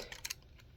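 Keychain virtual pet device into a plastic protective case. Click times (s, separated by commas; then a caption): 0.2 s. A keychain virtual pet device is slid into its plastic protective case, with a light tap near 0.1 s and then a sharp, bright double click at about 0.3 s, followed by quiet. The device clicks into place and is seated in the case, though the click may not be an intended feature of the case.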